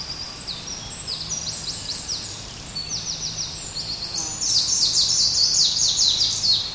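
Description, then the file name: Greenish warbler singing a rapid, high, buzzy run of sharply down-slurred notes, phrases repeating and growing louder toward the end, over a low steady background hum. "gruenlaubsaenger"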